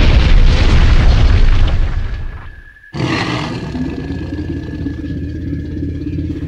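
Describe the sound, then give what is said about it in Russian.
A Tyrannosaurus rex gives a deep, rumbling roar that swells for two seconds as it clutches at trees and fells them, then fades into a brief hush. Then the ten-ton beast bursts down in a sudden heavy crash that leaves a low, booming rumble rolling on. “Рыча, он цеплялся за деревья и валил их.”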